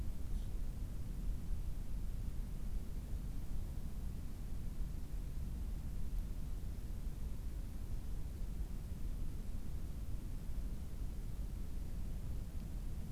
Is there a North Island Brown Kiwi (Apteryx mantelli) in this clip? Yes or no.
no